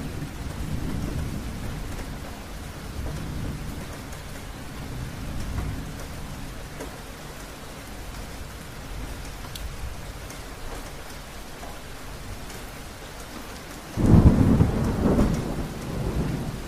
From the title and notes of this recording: Rain beginning to fall on the roof of your mountain getaway.